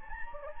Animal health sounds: mosquito wingbeat signal from an infrared sensor; Anopheles gambiae

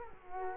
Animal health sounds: mosquito wingbeat signal from an infrared sensor; Culex quinquefasciatus

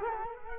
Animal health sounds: mosquito wingbeat signal from an infrared sensor; Culex quinquefasciatus

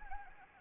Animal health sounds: mosquito wingbeat signal from an infrared sensor; Anopheles gambiae

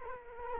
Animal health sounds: mosquito wingbeat signal from an infrared sensor; Culex quinquefasciatus

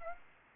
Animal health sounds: mosquito wingbeat signal from an infrared sensor; Aedes aegypti

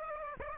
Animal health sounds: mosquito wingbeat signal from an infrared sensor; Aedes aegypti

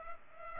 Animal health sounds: mosquito wingbeat signal from an infrared sensor; Culex pipiens

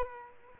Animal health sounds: mosquito wingbeat signal from an infrared sensor; Culex quinquefasciatus

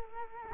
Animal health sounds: mosquito wingbeat signal from an infrared sensor; Culex quinquefasciatus

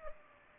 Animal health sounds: mosquito wingbeat signal from an infrared sensor; Culex pipiens

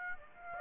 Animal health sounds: mosquito wingbeat signal from an infrared sensor; Aedes aegypti

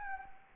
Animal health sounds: mosquito wingbeat signal from an infrared sensor; Anopheles gambiae

